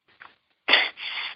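An adult male clears his throat as a vocal tic over a phone line. The tic comes from Tourette syndrome, diagnosed at age 7, a neurological disorder that causes uncontrollable movements and sounds.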